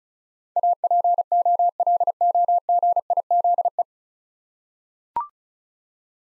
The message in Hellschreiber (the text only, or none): none